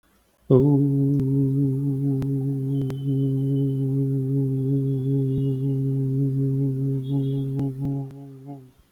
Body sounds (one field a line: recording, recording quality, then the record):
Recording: sustained vowel as in boot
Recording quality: excellent, no background noise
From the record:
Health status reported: COVID-19 positive, moderate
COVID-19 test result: positive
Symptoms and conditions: breathing difficulty, fever, fatigue, muscle pain, loss of smell and taste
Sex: male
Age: 27 years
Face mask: not worn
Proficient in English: yes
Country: India